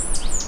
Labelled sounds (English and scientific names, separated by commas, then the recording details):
Stitchbird (Notiomystis cincta) song
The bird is a male
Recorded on Tiritiri Matangi Island, New Zealand, in 2005
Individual 1, of nest box 1